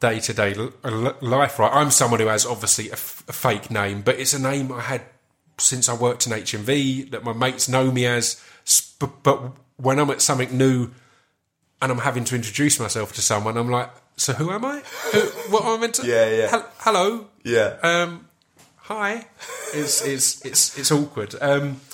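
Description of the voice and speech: Adult male speech with stammering: a fourfold word repetition ('it's it's it's it's'), part-word repeats, stretched sounds and frequent hesitations and pauses.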